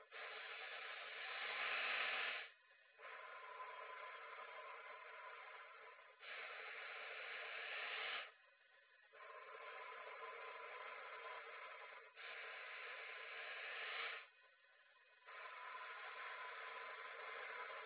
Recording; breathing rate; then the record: paced breathing near a phone; 10 breaths a minute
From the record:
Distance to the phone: 20 cm